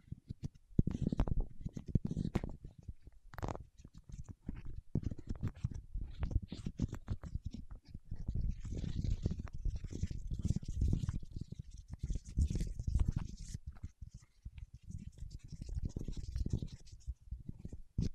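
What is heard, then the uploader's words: Fingertips work over wax in a dense, uneven run of soft rubbing, dull thumps and scratchy contact sounds, mostly low and muffled. Sharper clicks poke out now and then, and from about eight to thirteen seconds a faint, airy hiss rides above. ASMR with Wax Fingertips for Sleep (No Talking).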